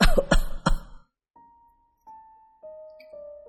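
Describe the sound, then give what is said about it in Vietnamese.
Three quick, harsh coughs burst out in a tight cluster as an older man suddenly chokes on saliva while talking, then give way to a thin, steady humming tone that lingers quietly. “ông Tâm bất ngờ bị sặc nước bọt, ho khụ khụ lên”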